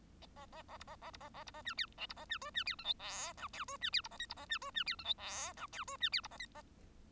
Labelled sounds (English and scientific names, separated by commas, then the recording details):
Bengalese Finch (Lonchura striata domestica) song
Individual Bird1